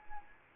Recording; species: mosquito wingbeat signal from an infrared sensor; Anopheles arabiensis